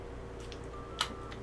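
An attachment is fitted onto a foam-dart toy blaster, with a faint tick at 0.5 s before a sharp click at 1.0 s. The click shows that the part locks into place rather than being held only by friction.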